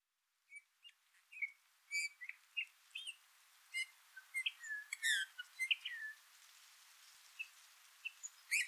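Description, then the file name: Eurasian bullfinch producing a quiet sequence of soft whistles and scratchy, clicking notes, busiest in the middle, then sparser piping calls toward the end. "Pyrrhula pyrrhula"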